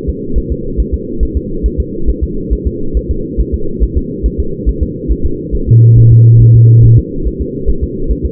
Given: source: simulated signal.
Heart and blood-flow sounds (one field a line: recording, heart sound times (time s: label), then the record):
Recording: fetal heart sounds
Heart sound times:
0.09 s: S2
0.38 s: S1
0.52 s: S2
0.80 s: S1
0.94 s: S2
1.23 s: S1
1.37 s: S2
1.66 s: S1
1.80 s: S2
2.09 s: S1
2.23 s: S2
2.53 s: S1
2.67 s: S2
2.97 s: S1
3.11 s: S2
3.40 s: S1
3.54 s: S2
3.83 s: S1
3.97 s: S2
4.26 s: S1
4.40 s: S2
4.69 s: S1
4.83 s: S2
5.12 s: S1
5.25 s: S2
5.55 s: S1
5.69 s: S2
5.98 s: S1
6.12 s: S2
6.42 s: S1
6.55 s: S2
6.85 s: S1
6.99 s: S2
7.27 s: S1
7.41 s: S2
7.70 s: S1
7.84 s: S2
8.11 s: S1
8.25 s: S2
From the record:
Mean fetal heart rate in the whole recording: 140 bpm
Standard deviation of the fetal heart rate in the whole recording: 2 bpm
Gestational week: 34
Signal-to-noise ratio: -8.1 dB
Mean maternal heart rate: 72 bpm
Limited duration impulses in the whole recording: present